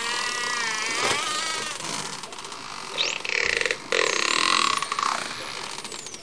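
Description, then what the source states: Dolphin sounds: a wavering harmonic whistle at the start, a quick upsweep, then loud buzzy click bursts and a short thin whistle. Recorded underwater; dolphins communicating.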